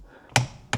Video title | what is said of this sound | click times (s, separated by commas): Heated Steering Wheel Upgrade - 5th Gen Toyota 4Runner | once you heard that click that's it | 0.4 s